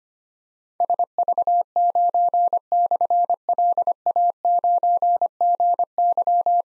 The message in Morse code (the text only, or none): SV9/LA9GY